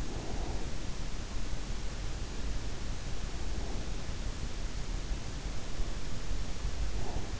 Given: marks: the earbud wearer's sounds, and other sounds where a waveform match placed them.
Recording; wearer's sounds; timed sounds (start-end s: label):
sounds in sleep by an in-ear microphone; breath
0.00-0.71 s: breath
3.09-4.25 s: breath
7.00-7.31 s: breath